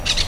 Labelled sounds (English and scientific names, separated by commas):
Brown-throated Parakeet (Eupsittula pertinax) contact call